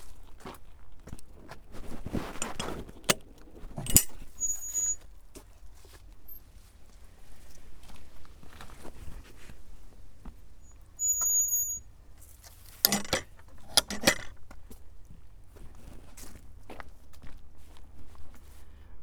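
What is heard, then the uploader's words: A stretch of the South West Coast Path, with a steady low rumble of wind underneath. Crunching footsteps and scuffs come in clusters, strongest around two to four seconds and again near thirteen to fourteen seconds. A few thin high chirps, perhaps birds, appear briefly. Today's walk is from Seaton to Portwrinkle along the South West Coast Path.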